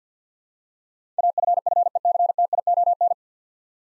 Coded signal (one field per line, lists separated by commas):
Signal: Morse code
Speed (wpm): 50 wpm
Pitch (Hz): 700 Hz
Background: none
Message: AFFECTION